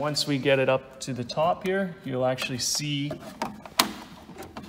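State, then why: Seated. Someone talks while a boiler component on an Eco-King H and C model is raised to the top of its bayonet mount on the boiler during routine maintenance. A loud, sharp click comes at 3.8 s as the component's two tabs engage, and a quarter turn locks it into place.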